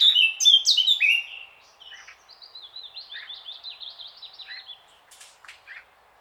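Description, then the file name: Eurasian blackcap song opening with a loud burst of mixed fluty notes, followed by a softer rapid series of repeated warbled notes and a few final chips. "Sylvia atricapilla"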